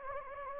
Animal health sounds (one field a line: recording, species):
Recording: mosquito wingbeat signal from an infrared sensor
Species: Anopheles gambiae